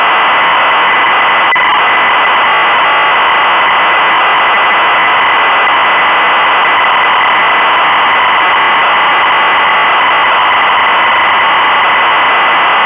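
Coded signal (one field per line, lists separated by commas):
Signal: ZX Spectrum tape loading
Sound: steady harsh buzzing screech of data tones, no pauses, constant loudness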